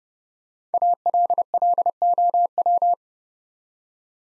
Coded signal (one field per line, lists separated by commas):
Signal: Morse code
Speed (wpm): 30 wpm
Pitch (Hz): 700 Hz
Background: none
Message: ALLOW